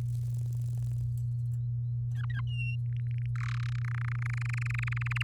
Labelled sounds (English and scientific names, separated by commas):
Domestic Canary (Serinus canaria) song